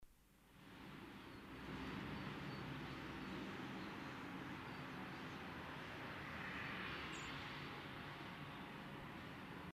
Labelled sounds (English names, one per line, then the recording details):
Common Blackbird call
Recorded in the wild
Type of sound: call
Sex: female
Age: adult
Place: Kaiserslautern, Rheinland-Pfalz, DE
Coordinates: 49.4247, 7.77889
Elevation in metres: 279
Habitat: garden
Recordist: Tretzel, Erwin
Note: Ruf "sri"